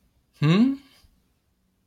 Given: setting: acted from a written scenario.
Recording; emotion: vocal sound without words; confusion